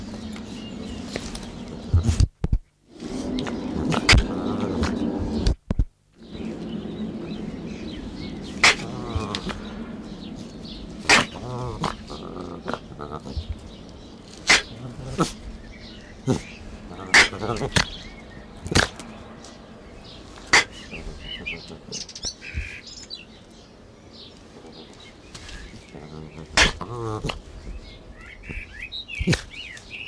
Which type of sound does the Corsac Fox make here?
call